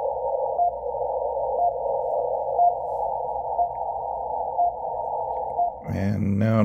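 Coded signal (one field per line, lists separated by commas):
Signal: radio time signal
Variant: RWM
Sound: six short faint beeps, one each second, in band-limited hiss, then a voice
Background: radio static, speech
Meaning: Each short pip marks one second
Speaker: now let's go to the unfed wire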